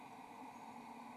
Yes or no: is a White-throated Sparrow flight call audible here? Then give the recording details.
no. No flight call is heard. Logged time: 11:52 on 17 December 2014